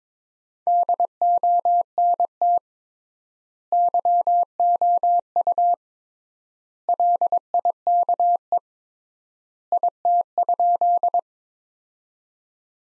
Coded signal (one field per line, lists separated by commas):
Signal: Morse code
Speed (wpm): 21 wpm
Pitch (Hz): 700 Hz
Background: none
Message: DONT YOU LIKE IT?